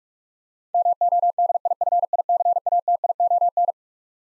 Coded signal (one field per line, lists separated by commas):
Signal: Morse code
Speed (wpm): 43 wpm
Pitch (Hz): 700 Hz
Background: none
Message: MODIFICATION